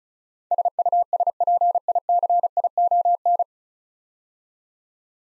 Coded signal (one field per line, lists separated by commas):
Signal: Morse code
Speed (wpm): 33 wpm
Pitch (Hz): 700 Hz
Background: none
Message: SUSPICION